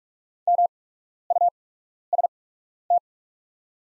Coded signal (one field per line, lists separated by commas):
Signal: Morse code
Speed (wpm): 44 wpm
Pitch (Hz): 700 Hz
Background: none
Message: MUST